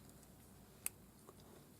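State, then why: Released. The catch of a handmade metal puffy heart lock is released by pushing on one side of the lock. A single sharp, bright click sounds at 0.9 s, with only faint, softer ticks around it, and the catch clicks open.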